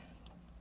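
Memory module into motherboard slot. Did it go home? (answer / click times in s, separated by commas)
no / none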